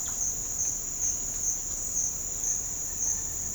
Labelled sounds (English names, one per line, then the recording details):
none
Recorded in pastures near Puerto Asís, Putumayo, Colombia, on 26 December 2024 at 07:00
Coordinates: 0.496, -76.326
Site G004